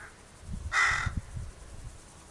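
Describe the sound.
Bird call: one loud, harsh caw over low rumbling noise, after a faint earlier note.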